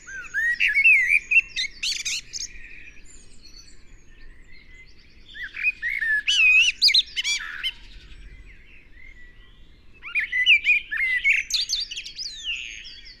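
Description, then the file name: Eurasian blackbird song: three mellow warbled phrases, each ending in a squeaky high twitter, separated by short pauses. "Turdus merula"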